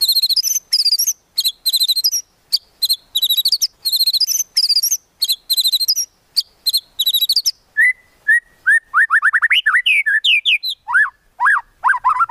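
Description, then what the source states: White-rumped shama song beginning with bursts of very high buzzy rattles, then switching to quick clear whistles and sweeping slurred notes. Lure recording used for trapping.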